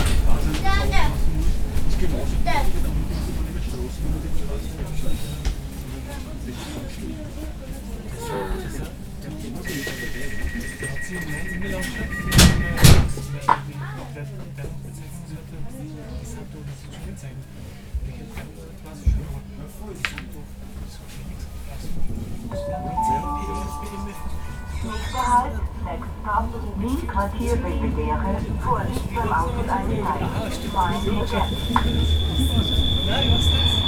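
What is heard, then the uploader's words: A train ride through Vienna: steady low rumble, chatter of passengers and children, and brief tones and clanks around ten to thirteen seconds. Recorded on a train-ride through Vienna.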